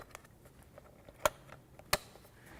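The spring plates of a NOMAD Production portable work light are pressed in so the new top sleeve seats over them, with slight clicks at about 1.3 and 1.9 seconds as each side goes in. A faint tick near 0.2 seconds comes before them against a low background hiss. The sleeve ends up seated over the plates.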